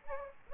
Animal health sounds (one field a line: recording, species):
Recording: mosquito wingbeat signal from an infrared sensor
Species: Aedes aegypti